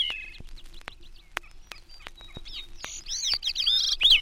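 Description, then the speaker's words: Gray-cheeked Thrush calling with short high notes, followed by a thin, wavering song that spirals up and down; irregular sharp ticks in the background. Calls and then sings from dwarf spruces at timberline near Hudson Bay. "Gray-cheeked thrush calls and then sings from the dwarf spruces at timberline near Hudson Bay. A Wilson snipe is heard in the background."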